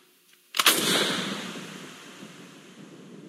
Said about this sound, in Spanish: En el sueño, el estruendo exagerado del disparo lo despertó.